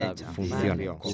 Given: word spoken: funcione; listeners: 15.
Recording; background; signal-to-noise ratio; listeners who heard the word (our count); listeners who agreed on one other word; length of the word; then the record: one Spanish word in noise, from a listening test; four-talker babble; 0.4 dB; 0 of 15; 6 of 15; 0.74 s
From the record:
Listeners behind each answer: 6, 5, 2, 1, 1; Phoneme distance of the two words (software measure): 7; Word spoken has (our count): 3 syllables, 8 phonemes, stress on syllable 2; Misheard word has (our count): 2 syllables, 7 phonemes, stress on syllable 2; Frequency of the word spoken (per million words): 4.81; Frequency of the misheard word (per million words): 145.17